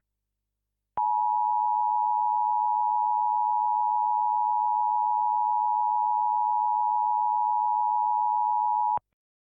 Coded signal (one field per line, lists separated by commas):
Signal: Emergency Alert System (SAME) tones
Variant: 853 and 960 Hz attention tone